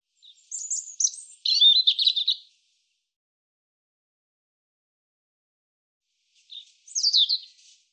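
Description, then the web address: European robin singing a high tinkling phrase of quick warbled notes, then several seconds of silence before a short, sharp, descending phrase. "cianscape birddata Deverinetal 2025 Bird Er Ru"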